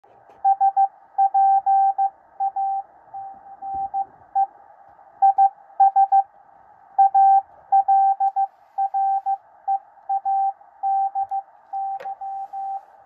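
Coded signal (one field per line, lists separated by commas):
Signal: Morse code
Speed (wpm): 15 wpm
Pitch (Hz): 780 Hz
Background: radio noise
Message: SPANE IS ALREADY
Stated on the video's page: 13 WPM code practice broadcast for head copy, part of a recent broadcast.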